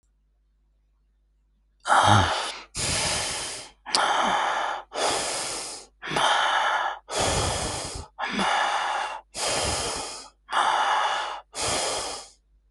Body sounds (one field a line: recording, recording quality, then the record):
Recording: shallow breathing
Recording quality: excellent, no background noise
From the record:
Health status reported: healthy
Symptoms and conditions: hypertension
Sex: male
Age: 54 years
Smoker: not ticked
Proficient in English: yes